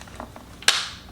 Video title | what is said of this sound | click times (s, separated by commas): Protein-Packed Perfection: How to Make Delicious and Healthy Ice Cream with a Ninja Creami Tutorial | put it into the machine like that until it's resting nicely and then you just twist this up until it locks into place | 0.7 s